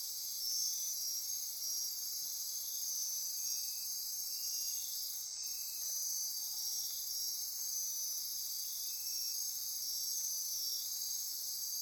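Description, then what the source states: Insect chorus of constant high-pitched buzzing and trills, with scattered lower buzzy notes and a brief click midway. Insect chorus at midnight near Corcovado.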